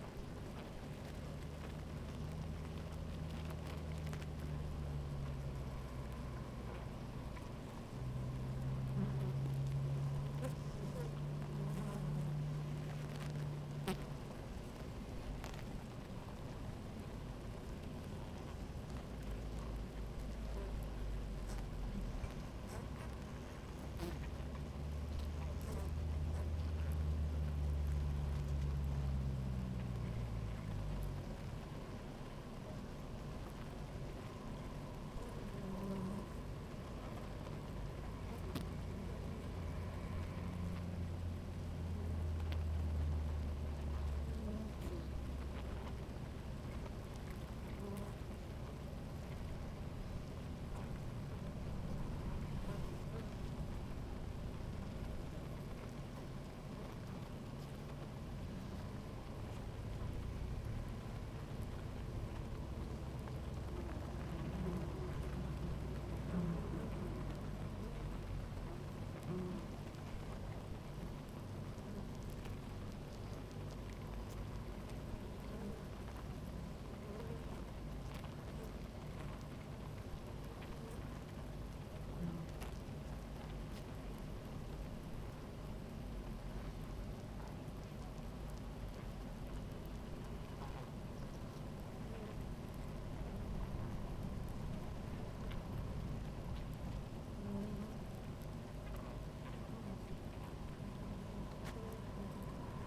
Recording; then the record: honeybee colony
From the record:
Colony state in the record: active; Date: 28 July 2017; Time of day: 16:36